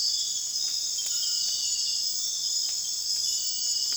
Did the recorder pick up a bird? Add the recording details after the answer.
no. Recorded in secondary vegetation near Puerto Asís, Putumayo, Colombia, on 19 June 2025 at 02:30. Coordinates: 0.485, -76.322. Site GP06